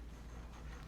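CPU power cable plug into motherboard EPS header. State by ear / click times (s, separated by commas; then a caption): not seated / none. The first 8-pin EPS CPU power cable plug is handled near its motherboard header, with only a steady low hum and faint rustling. Nothing has seated or clicked yet.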